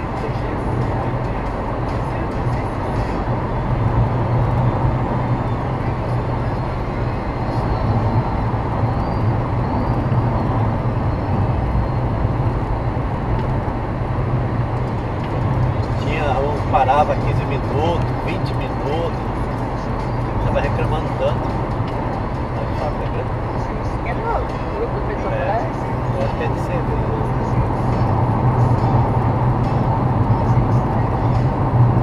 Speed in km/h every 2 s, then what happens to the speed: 111, 107, 104, 104, 105, 107, 108, 108, 108, 107, 105, 104, 104, 102, 100, 97.
0-4 slows to 104. 4-16 steady at about 107. 16-32 slows to 97.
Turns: none.